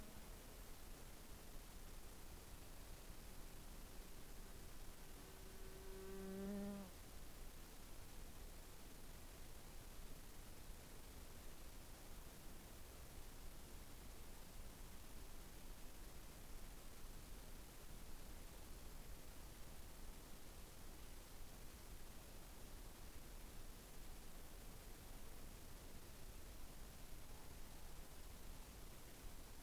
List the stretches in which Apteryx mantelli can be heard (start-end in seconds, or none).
none